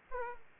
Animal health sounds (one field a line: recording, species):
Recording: mosquito wingbeat signal from an infrared sensor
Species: Aedes aegypti